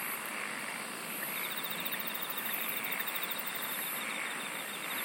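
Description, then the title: Insect sounds: a long, even pulsed trill for several seconds, with very high rapid ticking above and a continuous hiss beneath. "SINGING OF INSECTS"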